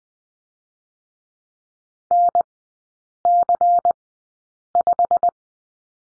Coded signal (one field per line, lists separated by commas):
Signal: Morse code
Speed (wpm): 20 wpm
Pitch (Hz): 700 Hz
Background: none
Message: NC5